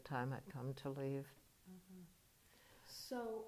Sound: none

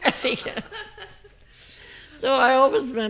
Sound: they all laugh

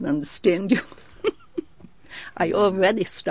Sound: she laughs

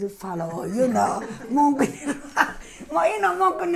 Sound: they laugh

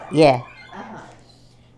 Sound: the sound of dogs barking is heard in the background

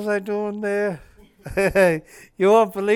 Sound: laughs

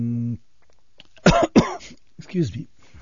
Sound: he coughs

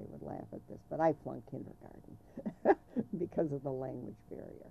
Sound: chuckles

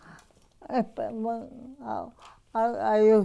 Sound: she imitates the horse

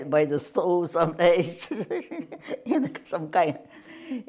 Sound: laughs

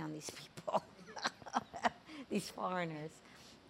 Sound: laughs

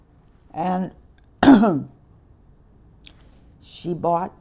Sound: clears throat

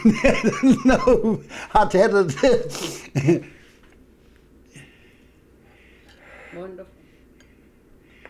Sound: he laughs

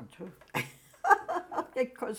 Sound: laughs

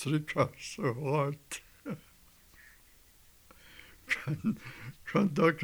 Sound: laughs

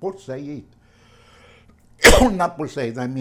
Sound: coughs

